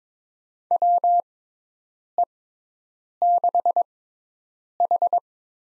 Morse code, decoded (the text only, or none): WE6H